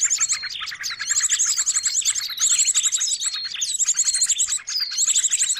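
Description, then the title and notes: Birds twittering in a packed, noisy chorus, high chirps and sliding whistles overlapping, broken by rapid rattling trills roughly every second. Noisy birds used to lure birds. "Burung Ribut Pikat"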